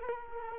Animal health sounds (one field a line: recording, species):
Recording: mosquito wingbeat signal from an infrared sensor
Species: Culex quinquefasciatus